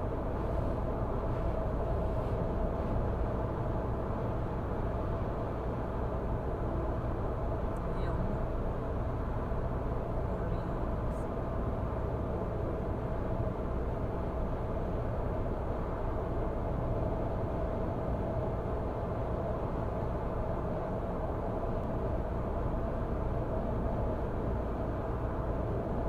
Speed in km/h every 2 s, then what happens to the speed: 105, 106, 106, 106, 106, 106, 107, 107, 107, 107, 107, 107, 107.
0-26 steady at about 107.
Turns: none.